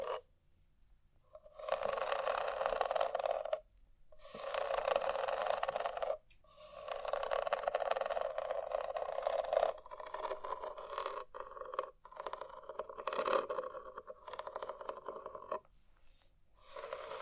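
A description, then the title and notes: Scratching comes in long bursts of dense, raspy friction, each lasting a couple of seconds to several seconds, separated by short silent gaps. The texture is mid-pitched and gritty with a bright edge, breaking into choppier, quicker strokes after the tenth second before one final burst near the end. ASMR Scratching.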